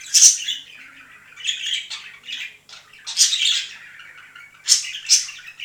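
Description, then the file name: Budgerigar chatter, scratchy warbled phrases broken by sharp high squawks, uneven and continuous. Singing of budgerigars, more than one bird. "penie volnistyx popugaev"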